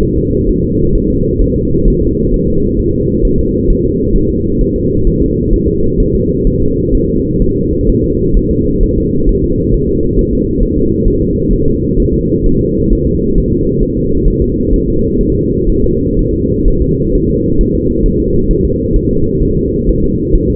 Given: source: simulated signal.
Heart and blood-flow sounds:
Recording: fetal heart sounds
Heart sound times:
0.03 s: S1
0.18 s: S2
0.49 s: S1
0.64 s: S2
0.95 s: S1
1.10 s: S2
1.42 s: S1
1.56 s: S2
1.88 s: S1
2.02 s: S2
2.34 s: S1
2.48 s: S2
2.79 s: S1
2.94 s: S2
3.25 s: S1
3.39 s: S2
3.70 s: S1
3.85 s: S2
4.16 s: S1
4.30 s: S2
4.61 s: S1
4.76 s: S2
5.07 s: S1
5.22 s: S2
5.53 s: S1
5.68 s: S2
6.00 s: S1
6.15 s: S2
6.47 s: S1
6.62 s: S2
6.94 s: S1
7.09 s: S2
7.42 s: S1
7.56 s: S2
7.89 s: S1
8.04 s: S2
8.37 s: S1
8.51 s: S2
8.83 s: S1
8.98 s: S2
9.29 s: S1
9.44 s: S2
9.74 s: S1
9.89 s: S2
10.19 s: S1
10.33 s: S2
10.63 s: S1
10.78 s: S2
11.08 s: S1
11.22 s: S2
11.53 s: S1
11.68 s: S2
12.00 s: S1
12.14 s: S2
12.46 s: S1
12.61 s: S2
12.93 s: S1
13.07 s: S2
13.38 s: S1
13.52 s: S2
13.83 s: S1
13.97 s: S2
14.28 s: S1
14.42 s: S2
14.73 s: S1
14.88 s: S2
15.21 s: S1
15.35 s: S2
15.70 s: S1
15.84 s: S2
16.19 s: S1
16.34 s: S2
16.68 s: S1
16.82 s: S2
17.15 s: S1
17.30 s: S2
17.61 s: S1
17.75 s: S2
18.06 s: S1
18.20 s: S2
18.51 s: S1
18.65 s: S2
18.96 s: S1
19.11 s: S2
19.43 s: S1
19.57 s: S2
19.89 s: S1
20.04 s: S2
20.35 s: S1
20.50 s: S2
From the record:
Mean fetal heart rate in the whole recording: 130 bpm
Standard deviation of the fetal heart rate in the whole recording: 4 bpm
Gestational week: 38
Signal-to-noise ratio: -15.3 dB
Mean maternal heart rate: 72 bpm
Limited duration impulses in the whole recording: present

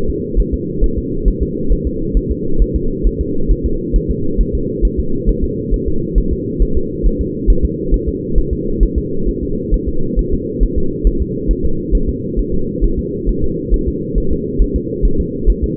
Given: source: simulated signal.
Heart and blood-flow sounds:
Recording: fetal heart sounds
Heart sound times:
0.10 s: S2
0.40 s: S1
0.54 s: S2
0.84 s: S1
0.98 s: S2
1.28 s: S1
1.43 s: S2
1.72 s: S1
1.87 s: S2
2.17 s: S1
2.31 s: S2
2.62 s: S1
2.76 s: S2
3.07 s: S1
3.21 s: S2
3.51 s: S1
3.66 s: S2
3.96 s: S1
4.11 s: S2
4.41 s: S1
4.55 s: S2
4.85 s: S1
5.00 s: S2
5.29 s: S1
5.44 s: S2
5.74 s: S1
5.88 s: S2
6.18 s: S1
6.33 s: S2
6.62 s: S1
6.77 s: S2
7.06 s: S1
7.21 s: S2
7.50 s: S1
7.65 s: S2
7.94 s: S1
8.09 s: S2
8.38 s: S1
8.53 s: S2
8.83 s: S1
8.98 s: S2
9.29 s: S1
9.43 s: S2
9.74 s: S1
9.89 s: S2
10.19 s: S1
10.34 s: S2
10.63 s: S1
10.78 s: S2
11.07 s: S1
11.22 s: S2
11.51 s: S1
11.65 s: S2
11.95 s: S1
12.09 s: S2
12.39 s: S1
12.54 s: S2
12.84 s: S1
12.99 s: S2
13.29 s: S1
13.44 s: S2
13.74 s: S1
13.88 s: S2
14.18 s: S1
14.32 s: S2
14.62 s: S1
14.76 s: S2
15.05 s: S1
15.20 s: S2
15.50 s: S1
15.64 s: S2
From the record:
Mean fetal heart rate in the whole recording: 135 bpm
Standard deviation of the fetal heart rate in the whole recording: 3 bpm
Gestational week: 36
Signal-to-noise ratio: -8.1 dB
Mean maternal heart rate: 72 bpm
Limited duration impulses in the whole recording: absent

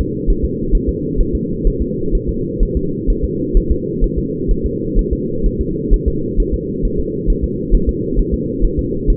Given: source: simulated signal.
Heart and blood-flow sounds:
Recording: fetal heart sounds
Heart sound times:
0.01 s: S2
0.30 s: S1
0.45 s: S2
0.75 s: S1
0.89 s: S2
1.20 s: S1
1.35 s: S2
1.67 s: S1
1.82 s: S2
2.15 s: S1
2.29 s: S2
2.63 s: S1
2.77 s: S2
3.10 s: S1
3.25 s: S2
3.57 s: S1
3.72 s: S2
4.04 s: S1
4.18 s: S2
4.51 s: S1
4.66 s: S2
4.99 s: S1
5.13 s: S2
5.46 s: S1
5.61 s: S2
5.94 s: S1
6.08 s: S2
6.40 s: S1
6.54 s: S2
6.85 s: S1
7.00 s: S2
7.30 s: S1
7.44 s: S2
7.75 s: S1
7.89 s: S2
8.19 s: S1
8.34 s: S2
8.65 s: S1
8.79 s: S2
9.10 s: S1
From the record:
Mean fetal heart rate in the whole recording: 130 bpm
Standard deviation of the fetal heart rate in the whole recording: 4 bpm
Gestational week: 38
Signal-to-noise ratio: -6.6 dB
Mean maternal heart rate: 72 bpm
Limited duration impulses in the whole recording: present

